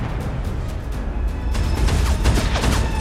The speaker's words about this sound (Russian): На судне вспыхивает взрыв.